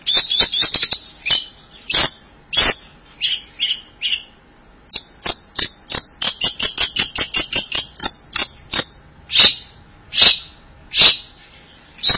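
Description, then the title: Bird song in quick series of high chirps with some slurred notes, then a fast even run of clipped chirps, and a few spaced chirps to close. "burung online"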